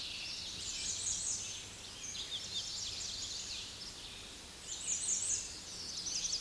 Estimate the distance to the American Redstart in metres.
about 55 m